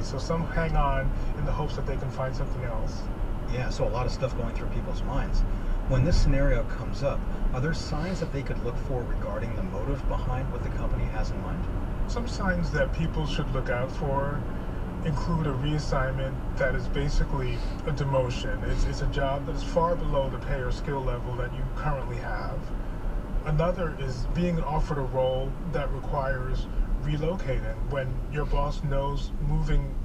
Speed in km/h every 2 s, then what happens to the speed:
61, 61, 61, 60, 60, 61, 61, 60, 60, 56, 55, 52, 48, 40, 26.
0-13 steady at about 61. 13-30 slows to 26.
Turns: none.